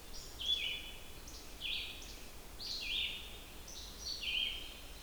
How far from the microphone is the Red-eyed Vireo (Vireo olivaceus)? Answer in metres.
about 30 m